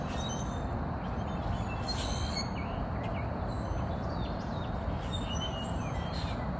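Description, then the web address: Grackle calls: thin downslurred whistles and short creaky squeaks repeated throughout, above a steady heavy rumble of traffic-like noise. Grackles recorded at a bridge on 8 April. "scoutisland. grackles-at-bridge-8 april"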